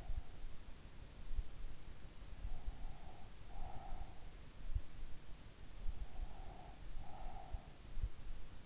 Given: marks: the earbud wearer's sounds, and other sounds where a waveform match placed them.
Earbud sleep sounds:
sounds in sleep by an in-ear microphone; breath
2.17-4.73 s: breath
5.95-7.79 s: breath

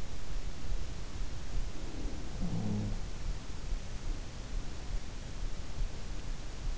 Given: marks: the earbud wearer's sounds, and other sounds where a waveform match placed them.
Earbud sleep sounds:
sounds in sleep by an in-ear microphone; breath
1.65-2.46 s: breath
1.65-3.40 s: sound from someone else or the room

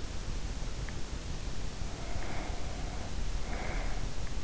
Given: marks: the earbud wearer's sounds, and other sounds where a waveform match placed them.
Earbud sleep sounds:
sounds in sleep by an in-ear microphone; breath
1.41-4.44 s: breath

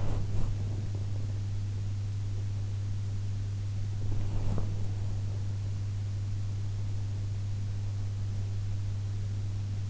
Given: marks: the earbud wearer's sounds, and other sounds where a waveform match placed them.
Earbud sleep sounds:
sounds in sleep by an in-ear microphone; body movement
0.00-1.12 s: body movement
4.13-5.00 s: body movement

